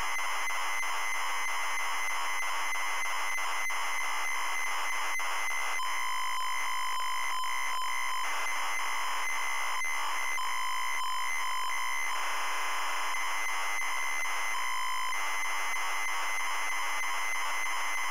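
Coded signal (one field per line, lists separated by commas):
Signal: ZX Spectrum tape loading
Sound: harsh buzzing screech with a steady underlying tone, broken by brief dropouts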